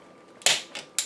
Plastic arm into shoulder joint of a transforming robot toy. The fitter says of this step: it the rest of the way on in and it'll snap into place rotate